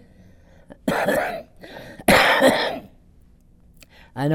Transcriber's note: he coughs